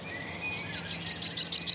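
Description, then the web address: Yellowhammer song: a steady series of about nine bright, repeated notes, after faint other bird calls. "Kurs PTTK Kurs materiały Przyroda Ptaki Trznadal"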